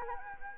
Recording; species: mosquito wingbeat signal from an infrared sensor; Anopheles arabiensis